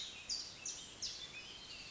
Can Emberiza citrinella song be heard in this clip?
no